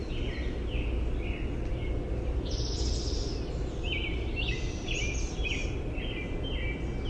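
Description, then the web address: Winter wren song: rapid high tinkling trills and buzzy notes strung together, over a constant loud low rumble of background noise. "naturesounds sounds WIWR-song"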